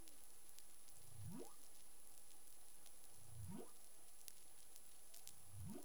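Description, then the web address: Humpback whale calls: three deep, rising whoops about two seconds apart, each climbing quickly in pitch, against a background of snapping underwater crackle. In the Caribbean, 25 February 2021, 11:17 UTC. "CARIMAM clean data humpback whale"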